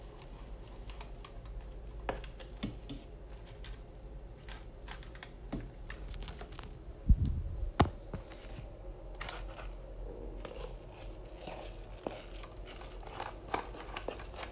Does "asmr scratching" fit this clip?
no